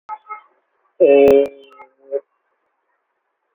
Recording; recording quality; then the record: sustained vowel as in made; moderate, slight background noise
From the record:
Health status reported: COVID-19 positive, moderate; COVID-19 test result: positive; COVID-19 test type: RT-PCR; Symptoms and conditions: cough, cold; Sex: male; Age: 24 years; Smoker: no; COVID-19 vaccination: both doses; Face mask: not worn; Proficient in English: yes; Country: India